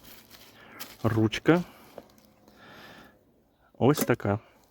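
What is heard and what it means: Someone talks while handling the folding stainless steel handle of a Fire Maple Antarcti 0.8 L / 1.5 L camping pot, swinging it out toward its open locked position. Faint soft clicks and rustles of handling are heard around 2.0–2.5 s between the speech. The clip ends before the handle locks, so nothing has clicked or seated yet.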